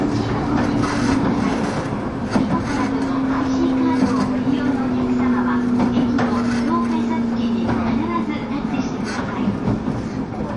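A train runs along the Bantan Line with a dense, steady rumble and rattle. A sustained motor whine holds from the start, then slowly falls in pitch from about three to eight seconds. Faint clicks and clatter of the wheels come and go throughout.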